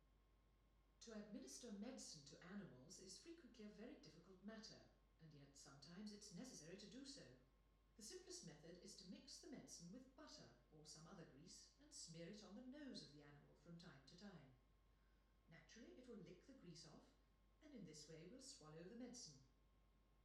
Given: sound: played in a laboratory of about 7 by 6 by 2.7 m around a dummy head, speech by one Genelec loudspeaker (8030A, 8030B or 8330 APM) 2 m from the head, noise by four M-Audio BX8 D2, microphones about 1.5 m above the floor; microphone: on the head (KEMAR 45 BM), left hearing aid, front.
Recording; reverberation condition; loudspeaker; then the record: female speech in English; medium; 30 degrees to the right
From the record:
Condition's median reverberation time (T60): about 510 ms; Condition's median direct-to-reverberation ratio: about -0.5 dB